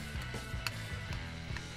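A plastic part from a 1:8 scale Ford Mustang model kit is pressed, pegs facing up, into its mating body part. A sharp click sounds at 0.7 s over a steady low background hum with faint ticks, and the part snaps together and fits properly.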